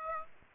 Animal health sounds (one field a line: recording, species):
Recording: mosquito wingbeat signal from an infrared sensor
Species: Aedes aegypti